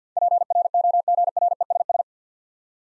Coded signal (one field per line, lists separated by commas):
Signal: Morse code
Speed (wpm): 53 wpm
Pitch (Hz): 700 Hz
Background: none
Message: PROGRESS